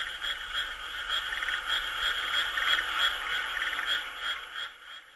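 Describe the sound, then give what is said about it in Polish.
A chorus of frogs in Japan croaking steadily, dense overlapping calls forming a bright buzzing drone with regular pulsing beats, continuous and fairly loud before fading out at the end; no voices. “A tak żaby w Japonii.”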